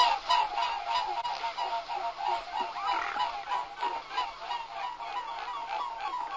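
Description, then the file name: Mute swan calls: a steady run of nasal, honking notes in quick rhythmic succession, fairly even in loudness throughout. "knobbelzwaan"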